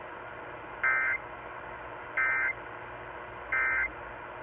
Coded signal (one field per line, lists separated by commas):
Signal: Emergency Alert System (SAME) tones